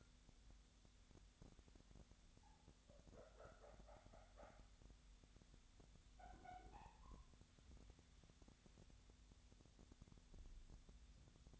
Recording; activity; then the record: daily activity, microphone in the room; wipe stove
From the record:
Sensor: 3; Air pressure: 1007.0 hPa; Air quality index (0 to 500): 204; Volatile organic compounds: 18 ppm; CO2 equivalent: 2618 ppm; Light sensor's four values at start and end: 11/27/11/11 and 12/28/11/11